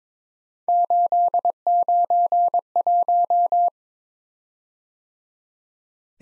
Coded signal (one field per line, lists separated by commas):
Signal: Morse code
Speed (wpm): 22 wpm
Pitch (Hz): 700 Hz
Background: none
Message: 891